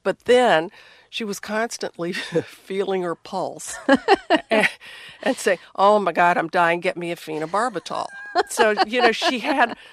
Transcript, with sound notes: But then she was constantly feeling her pulse.
(LAUGHTER)
And say, oh, my God. I'm dying. Get me a Phenobarbital. So, you know,